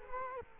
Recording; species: mosquito wingbeat signal from an infrared sensor; Culex quinquefasciatus